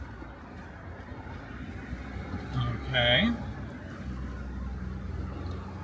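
A plastic rocker panel trim cover is shifted around on the vehicle sill to find and line up its clips, with the dashcam wire tucked underneath, over a steady low rumble. Someone talks briefly near 3 seconds. Nothing has clicked or seated yet; the cover is only being lined up before it is pushed in.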